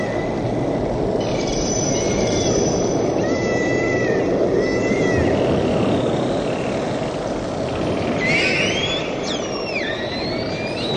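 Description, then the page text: Humpback whale song: drawn-out whistled moans and rising and falling sweeps, with upward-curving swoops near the end, over heavy constant rushing underwater noise. "киты - горбатые киты"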